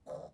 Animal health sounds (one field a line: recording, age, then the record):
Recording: pig call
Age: piglet (1 to 25 days)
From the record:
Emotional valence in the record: negative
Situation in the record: restrain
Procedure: back test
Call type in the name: low-frequency call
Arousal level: low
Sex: male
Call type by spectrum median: low-frequency call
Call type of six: low-frequency stable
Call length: 0.34 s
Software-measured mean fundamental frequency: 65 Hz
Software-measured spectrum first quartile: 467 Hz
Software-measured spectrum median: 575 Hz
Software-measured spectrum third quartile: 716 Hz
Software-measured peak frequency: 584 Hz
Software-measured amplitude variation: 223 dB a second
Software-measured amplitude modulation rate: 23.8 a second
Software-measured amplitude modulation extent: 9.4 dB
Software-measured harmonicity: 4.6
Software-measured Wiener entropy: -0.19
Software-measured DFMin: 1724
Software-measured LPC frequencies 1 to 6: 581, 4026, 5318, 5887, 7480, 8853 Hz